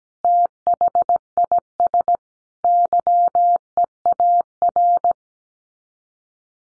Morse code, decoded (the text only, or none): THIS YEAR